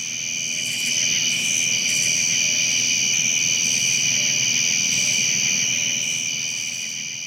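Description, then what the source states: Crickets and katydids in a dense night chorus: steady high ringing trills layered with pulsing buzzy bursts from katydids, continuous throughout. Heard after dark; many crickets singing as a background chorus, with katydids singing in the trees; most of these insects sing at night.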